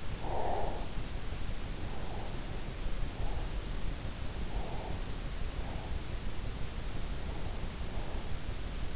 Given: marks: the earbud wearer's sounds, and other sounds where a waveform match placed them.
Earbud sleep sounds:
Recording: sounds in sleep by an in-ear microphone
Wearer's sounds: breath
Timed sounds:
0.22-0.93 s: breath
4.44-5.06 s: breath

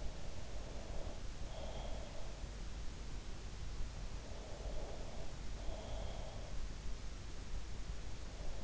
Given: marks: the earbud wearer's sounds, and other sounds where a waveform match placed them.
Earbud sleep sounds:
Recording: sounds in sleep by an in-ear microphone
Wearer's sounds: breath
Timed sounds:
0.00-2.70 s: breath
4.62-7.11 s: breath

